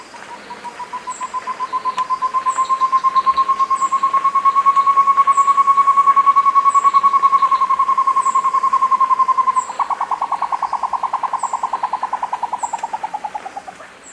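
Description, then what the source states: Short-tailed antthrush song: a long, steady series of rapid hooting notes that rises slightly, then breaks into a pulsing phrase that drops in pitch at the end. Faint high chirps repeat throughout. South America.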